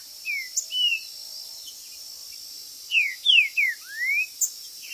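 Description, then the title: Green-winged saltator singing loud slurred whistles that fall in pitch, in two bursts, the last note sweeping upward, over a steady high insect-like hum. Birds chirping, singing and calling territorially ('macheando') in a contest ('disputa'); meant to rouse a kept saltator into singing. "Seu TRINCA Piando, Cantando E Macheando Na DISPUTA. TRINCA FERRO Cantando e MACHEANDO!!"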